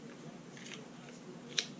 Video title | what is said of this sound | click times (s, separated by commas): How to make kydex knife sheaths | back in gives you that nice little click maybe I'll give you an up-close of what | 1.6 s